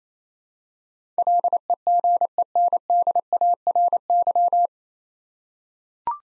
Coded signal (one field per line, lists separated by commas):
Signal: Morse code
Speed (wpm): 28 wpm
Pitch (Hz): 700 Hz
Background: none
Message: LEGENDARY